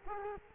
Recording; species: mosquito wingbeat signal from an infrared sensor; Culex quinquefasciatus